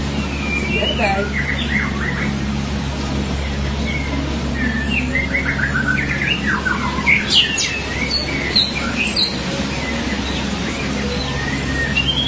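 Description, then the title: Magpie-robin or shama singing a run of sweet whistles and quick trilled notes in short bursts, with a constant low droning hum underneath. "BM Suara Burung Murai"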